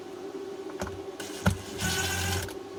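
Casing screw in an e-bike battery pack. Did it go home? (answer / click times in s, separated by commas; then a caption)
no / none. A screwdriver works at the casing screws of an Angell e-bike battery pack, slipping on screw heads that are stripped during removal. Sharp metallic ticks are heard around 0.8, 1.2 and 1.5 s, then a longer scraping, whirring stretch from about 1.8 to 2.5 s over a steady low hum. The heads strip and the driver slips without grip, and nothing has seated or clicked yet.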